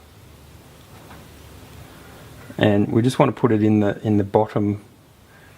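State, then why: Not seated. An RC shock shaft is picked up and lined up so a clip can go into its bottom groove, with faint handling noise before someone talks from about 2.6 to 4.8 s. The clip has not yet been pressed down on a board, and nothing has seated or clicked yet.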